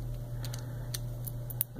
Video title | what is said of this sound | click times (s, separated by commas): How to build an OKR T/10 Passthrough Vaporizer | And they kind of snap into place. | 1.6 s